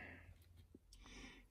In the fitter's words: Have the right side snapped in. It's just placed in there and it snaps right in.